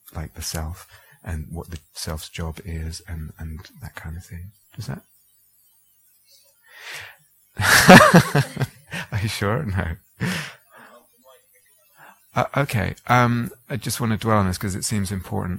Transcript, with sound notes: like the self and what the self's job is and that kind of thing. Does that...? [laughs] Are you sure? No? Okay. I just want to dwell on this because it seems important.